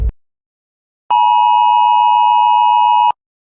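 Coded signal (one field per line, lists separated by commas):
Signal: Emergency Alert System (SAME) tones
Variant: 853 and 960 Hz attention tone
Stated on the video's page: Fictional EAS scenario, not a real alert.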